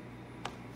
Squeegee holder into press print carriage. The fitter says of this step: I pull out this lever this is an tool that allows that to slide in there and lock